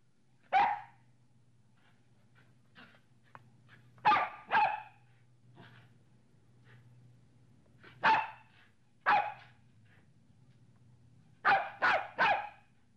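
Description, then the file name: Dog barks singly and in pairs with gaps of a few seconds, ending in a quick triple bark, a steady low hum throughout. Medium-sized dog barking, in three variants of bark. "sobaka srednih razmerov laet 3 varianta"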